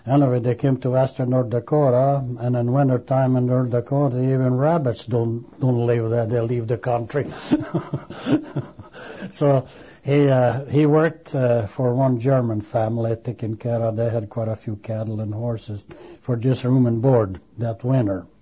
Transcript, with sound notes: Anyway, they came to western North Dakota, land in wintertime in North Dakota even rabbits don't live, they leave the country. (he laughs) So he worked for one German family taking care of, they had quite a few cattle and horses, for just room and board that winter.